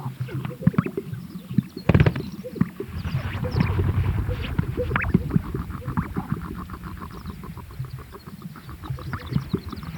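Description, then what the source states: Greater sage-grouse display chorus: dense low popping and bubbling notes from several birds, overlapping continuously, with a few sharper knocks early on. At a lek.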